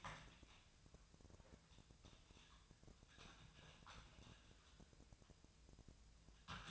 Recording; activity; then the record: daily activity, microphone in the room; typing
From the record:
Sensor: 2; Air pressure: 999.1 hPa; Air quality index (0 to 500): 207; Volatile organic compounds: 35 ppm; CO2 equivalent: 3066 ppm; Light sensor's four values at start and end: 7/17/6/7 and 7/17/6/7